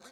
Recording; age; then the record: pig call; piglet (1 to 25 days)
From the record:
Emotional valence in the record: negative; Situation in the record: short isolation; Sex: male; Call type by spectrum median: low-frequency call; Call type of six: low-frequency tonal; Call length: 0.12 s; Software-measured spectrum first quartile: 884 Hz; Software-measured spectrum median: 2353 Hz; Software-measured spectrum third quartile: 5722 Hz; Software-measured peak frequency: 507 Hz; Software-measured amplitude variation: 109 dB a second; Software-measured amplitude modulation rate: 8.2 a second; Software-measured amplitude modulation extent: 13.4 dB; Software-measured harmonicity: 0.0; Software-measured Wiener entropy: -1.49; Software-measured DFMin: 564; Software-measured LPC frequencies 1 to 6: 625, 1437, 2112, 3707, 4148, 6068 Hz